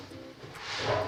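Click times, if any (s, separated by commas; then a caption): none. The metal legs of a trestle table are folded out and pushed into the table frame so they lock on both sides. A soft, steady hiss and low rumble gradually grow louder toward the end, with no sharp impacts. Nothing has seated or clicked into place yet.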